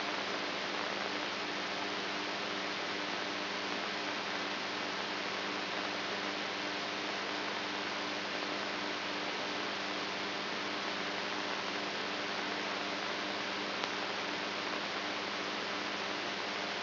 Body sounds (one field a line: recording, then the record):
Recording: brain microelectrode recording played as sound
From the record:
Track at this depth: inside the subthalamic nucleus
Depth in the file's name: 4.116 mm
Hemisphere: right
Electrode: 3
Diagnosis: Parkinson's disease